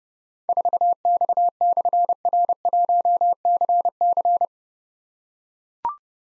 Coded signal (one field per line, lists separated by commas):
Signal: Morse code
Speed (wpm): 30 wpm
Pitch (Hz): 700 Hz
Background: none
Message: 4X/R1CC